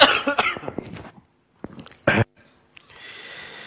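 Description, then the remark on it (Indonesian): A single loud, harsh cough bursts out after a stretch of choppy vocal sounds and a short pause, followed by a quieter click and a faint steady hiss. “Ntar anda batuk dulu.”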